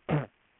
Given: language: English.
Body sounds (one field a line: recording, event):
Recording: throat vibration sensor signal played as sound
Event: throat clearing